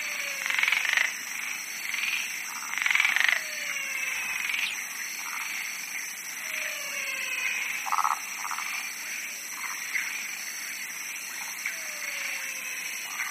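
Frogs calling with short pulsed croaks and trills, with some falling whistled notes over a constant high hiss.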